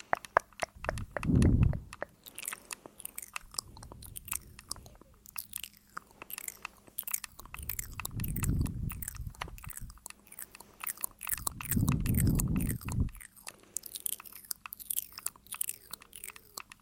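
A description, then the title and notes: Mouth sounds: quick, crisp clicks and smacks keep coming throughout, irregular and fairly dense. Three heavier, lower bursts stand out, near 1.5, 8.5 and 12 seconds, like breathy gulps or chewing. A faint steady low hum sits underneath. ASMR Tascam Tingles. Mouth Sounds.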